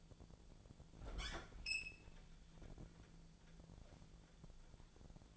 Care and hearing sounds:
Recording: daily activity, microphone in the room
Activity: open fridge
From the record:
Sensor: 5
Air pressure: 1000.2 hPa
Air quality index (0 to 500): 100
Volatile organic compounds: 1 ppm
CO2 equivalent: 813 ppm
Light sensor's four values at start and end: 241/571/245/269 and 245/579/249/273

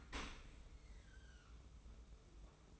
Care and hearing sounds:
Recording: daily activity, microphone in the room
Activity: open dishwasher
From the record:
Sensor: 1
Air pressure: 991.3 hPa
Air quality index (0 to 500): 123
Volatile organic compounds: 248 ppm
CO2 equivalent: 4356 ppm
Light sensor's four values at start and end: 41/127/50/52 and 41/127/50/52

